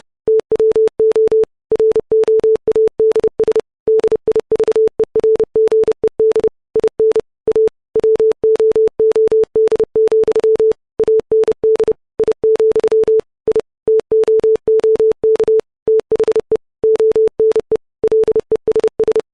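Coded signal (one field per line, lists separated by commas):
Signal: Morse code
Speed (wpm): 30 wpm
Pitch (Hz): 440 Hz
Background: none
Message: TWO ROADS DIVERGED IN A WOOD, AND I, I TOOK THE ONE LESS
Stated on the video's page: Software-generated Morse at 30 WPM, sine wave, 440 Hz pitch, 44100 Hz 16-bit wave file.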